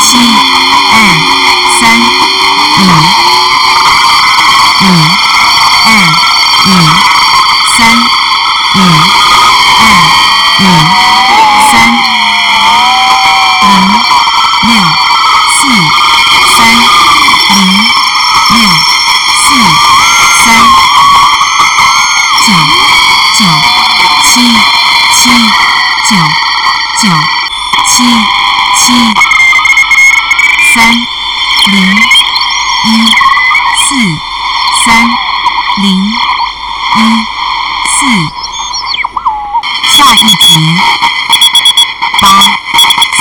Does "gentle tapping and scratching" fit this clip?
no